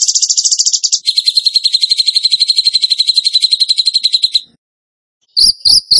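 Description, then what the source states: Bird song: a rapid high trill changing into a slightly lower, fast rattling series, a silent gap, then a few sharp high chirps. Masteran training recording in the tembakan gacor style.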